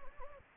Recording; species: mosquito wingbeat signal from an infrared sensor; Anopheles gambiae